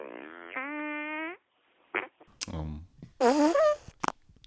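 A long, buzzy fart drones steadily for over a second, followed after a pause by short sputtering bursts and a squeakier, wavering fart that rises in pitch, then brief pops.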